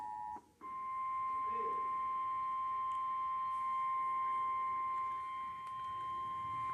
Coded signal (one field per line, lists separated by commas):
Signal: Emergency Alert System (SAME) tones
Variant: 853 and 960 Hz attention tone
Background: speech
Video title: Emergency Alert System-Severe Thunderstorm Warning